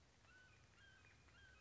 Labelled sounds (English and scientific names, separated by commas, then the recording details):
Mountain Quail (Oreortyx pictus)
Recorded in Sonoma County, California